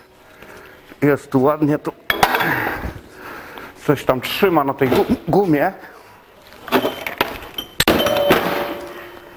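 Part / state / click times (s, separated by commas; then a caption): rubber bushing into truck stabilizer link eye / seated / 7.8 s. A rubber-metal bushing is forced with a 15-ton hydraulic press and homemade flanged spacers into the eye of a stabilizer link from a Mercedes Actros, Atego or Axor truck. Someone talks while a series of knocks sounds from about 6.7 s. A sharp, loud hit at 7.8 s marks the bushing snapping fully into place.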